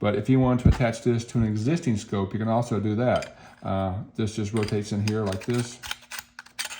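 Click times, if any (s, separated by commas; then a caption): 6.4 s. Someone talks while the extra mounting ring for an NV100 Plus night vision clip-on device is rotated into its adapter for attaching to an existing scope. A short, sharp click at 6.4 s marks the ring locking into place, followed by a few faint ticks.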